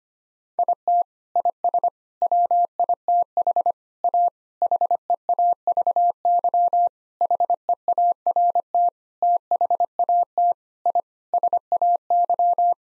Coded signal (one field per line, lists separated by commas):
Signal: Morse code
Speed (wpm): 25 wpm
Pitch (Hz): 700 Hz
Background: none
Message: IT IS WITH A HEAVY HEART THAT I SAY